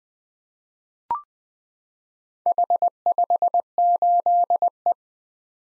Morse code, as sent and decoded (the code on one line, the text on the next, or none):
.... ..... ---.. .
H58E